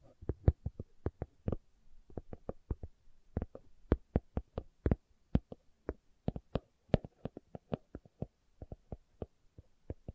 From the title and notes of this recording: ASMR Slow Tapping for Deep Sleep (No Talking).